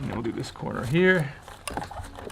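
Someone talks while handling the last corner of a faux window blind headrail, pressing it toward its plastic mounting bracket, with two sharp transients near 1.7 and 1.8 seconds. Nothing has seated or clicked yet; the clip ends before the headrail snaps into the bracket.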